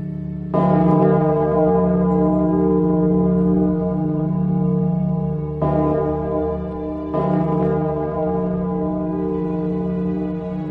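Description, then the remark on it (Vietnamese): A deep bell tolls three times, each loud strike ringing out with a long, humming resonance that blends into the next, with rich low overtones and no voices. “Từ trên tầng không, tiếng chuông vang vọng bốn tầng trời, nghe vào trong đầu cũng thấy ong ong.”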